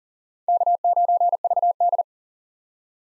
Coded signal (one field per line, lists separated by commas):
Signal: Morse code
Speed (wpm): 40 wpm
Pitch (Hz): 700 Hz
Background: none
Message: K9VD